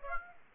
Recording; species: mosquito wingbeat signal from an infrared sensor; Aedes aegypti